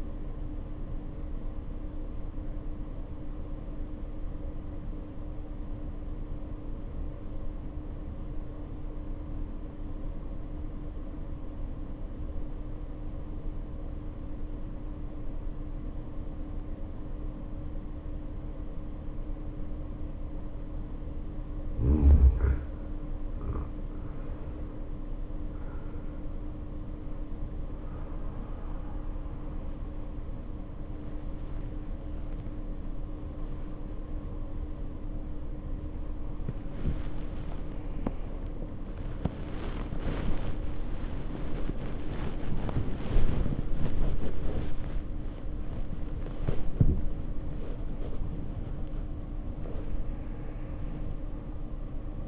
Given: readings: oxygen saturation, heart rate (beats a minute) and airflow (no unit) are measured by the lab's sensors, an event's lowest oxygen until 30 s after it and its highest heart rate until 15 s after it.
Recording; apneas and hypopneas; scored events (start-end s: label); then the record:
breathing in sleep by a smartphone at the bedside; 1
3.00-22.80 s: obstructive apnea (N1, oxygen 94% highest, then 77% lowest, heart rate 54 at the start, 72 highest)
4.00-34.00 s: new sleep stage, N2 (light sleep)
34.00-52.28 s: new sleep stage, awake
37.00-52.28 s: awake
From the record:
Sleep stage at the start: N1 (lightest sleep); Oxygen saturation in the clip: 75 to 94%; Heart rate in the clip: 53 to 87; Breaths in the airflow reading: 5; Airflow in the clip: -9.7 to 9.2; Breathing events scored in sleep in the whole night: 520 in 7.2 hours asleep